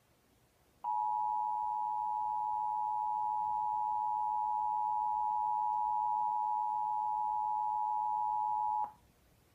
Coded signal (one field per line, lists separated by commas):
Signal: Emergency Alert System (SAME) tones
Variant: 853 and 960 Hz attention tone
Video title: EAS Alert #69: Severe Thunderstorm Warning for 6 Indiana Counties